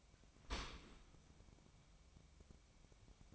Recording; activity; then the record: daily activity, microphone in the room; open dishwasher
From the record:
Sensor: 1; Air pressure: 1003.1 hPa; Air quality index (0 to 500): 197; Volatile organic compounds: 6 ppm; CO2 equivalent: 1882 ppm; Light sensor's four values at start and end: 17/43/18/21 and 17/43/18/21